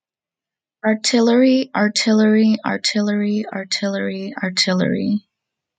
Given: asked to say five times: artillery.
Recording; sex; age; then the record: repeated word; female; 20 to 29 years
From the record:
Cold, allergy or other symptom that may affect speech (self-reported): no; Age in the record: 22 years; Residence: United Kingdom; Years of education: 16